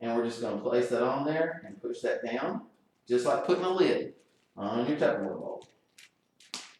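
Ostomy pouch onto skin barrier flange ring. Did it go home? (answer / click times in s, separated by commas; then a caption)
yes / 6.5 s. Someone talks while a caregiver places a plastic ostomy pouch onto the adhered skin barrier flange ring and presses it down, like putting a lid on a bowl. A few short plastic clicks follow, with a sharp snap at 6.5 s as the pouch seats onto the flange.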